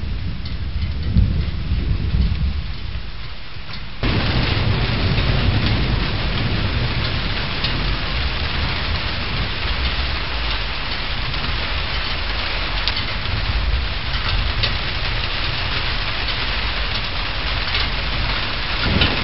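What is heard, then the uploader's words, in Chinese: Moderate rain heard from indoors, a steady, dense patter with a muffled, dull tone. For the first four seconds a deep low rumble dominates, then the rain fills in more evenly and stays constant and unbroken to the end. 屋内听中雨。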